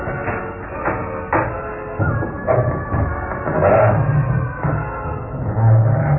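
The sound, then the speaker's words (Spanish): A housekeeper turns the heavy lock of a drawing-room door; it clunks through several sharp mechanical clicks, then old hinges give a long, low, grinding creak that stays fairly loud throughout, with no one speaking. “Los goznes dejaron escapar un lúgubre gemido y la esbelta mujer vestida de negro penetró a la estancia alumbrándose con el pesado candelabro.”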